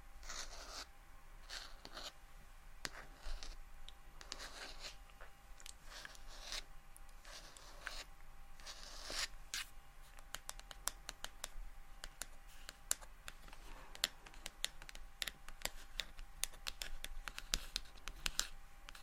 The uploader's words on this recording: ASMR Low Light SoftGentle Tapping & Scratching For Sleep (No Talking).